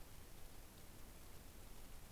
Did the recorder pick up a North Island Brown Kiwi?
no